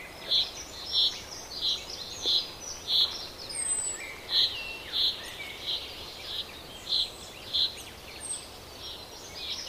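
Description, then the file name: Common chaffinch calling with clipped, high single notes repeated roughly every half second to second, and occasional faint high whistles over constant outdoor noise. "Fringilla coelebs"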